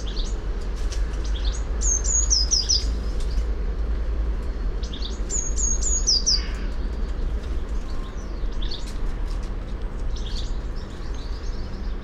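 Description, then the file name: Eurasian blue tit singing two phrases of high piping notes that drop into a quick trill, with other small birds chirping and a constant low rumble behind. "Cyanistes caeruleus"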